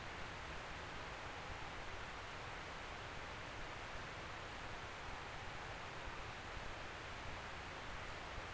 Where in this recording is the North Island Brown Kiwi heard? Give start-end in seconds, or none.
none